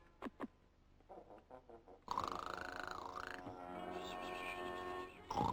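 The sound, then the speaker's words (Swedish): A few soft clicks and murmurs give way to loud, rasping snoring that drones steadily, its wheezy whistling tone sliding down and back up in pitch, ending on a sharp snort. “Snarkar du en gång till så kommer jag att göra...”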